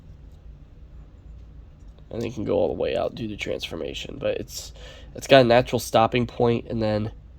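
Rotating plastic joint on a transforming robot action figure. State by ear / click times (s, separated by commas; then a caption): not seated / none. A plastic joint on a transforming robot action figure is rotated by hand toward its natural stopping point while someone talks over faint handling noise. Nothing has seated or clicked yet; the joint has not snapped into place by the end of the clip.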